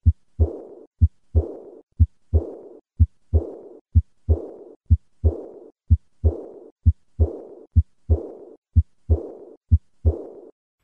The murmur of aortic regurgitation is a diastolic decrescendo murmur which is high-pitched in character. This murmur is heard in the third or fourth left intercostal space with the patient leaning forward. Typical aortic regurgitation.